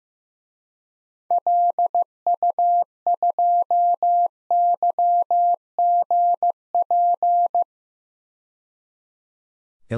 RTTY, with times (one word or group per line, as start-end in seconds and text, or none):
none